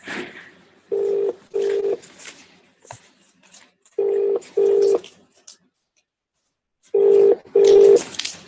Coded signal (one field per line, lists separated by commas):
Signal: telephone call progress tone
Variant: UK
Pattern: ringback tone